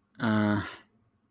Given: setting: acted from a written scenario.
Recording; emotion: vocal sound without words; shame